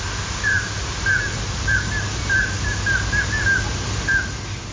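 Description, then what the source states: Common scoter flight calls: a series of short, piping whistled notes, repeated several times over a steady low hum. Nocturnal migration over the UK in late March and early April, hundreds or thousands of scoter crossing the country; captured by placed recording devices; a sea duck that breeds rarely in the UK, in the Flow Country of northern Scotland.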